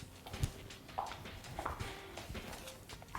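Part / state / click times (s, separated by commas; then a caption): cover lock strap clip into its mount on the spa cabinet / not seated / none. A pre-installed plastic corner cover lock strap clip on a spa cover is handled near its mount on the spa cabinet, with music in the background. Short knocks and light rattles come through, with sharper taps near 1.0 and 1.7 seconds. The clip ends before the part goes home, and nothing has clicked into place yet.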